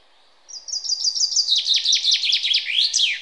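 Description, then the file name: Common chaffinch singing a rapid trill of sharp descending notes that ends in a swooping final flourish, with light background noise. "Fringilla coelebs"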